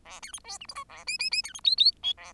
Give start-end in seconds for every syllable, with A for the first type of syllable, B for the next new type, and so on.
0.05-0.20 A, 0.22-0.32 B, 0.33-0.39 C, 0.44-0.58 D, 0.60-0.66 E, 0.68-0.75 F, 0.75-0.84 G, 0.89-1.04 A, 1.07-1.17 H, 1.19-1.30 H, 1.31-1.42 H, 1.43-1.53 B, 1.54-1.60 C, 1.64-1.75 I, 1.77-1.92 I, 2.03-2.13 J, 2.17-2.33 A